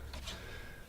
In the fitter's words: and the green one didn't snap into the housing so I need to take it out again